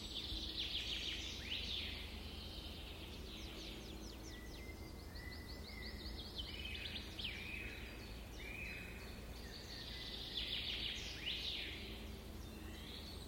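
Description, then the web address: Birds calling in a busy mix of high chirps, short whistles and quick sweeping notes, overlapping throughout against a steady background hiss. Recorded at Angels Landing in Zion. "zion angels landing tour media birds"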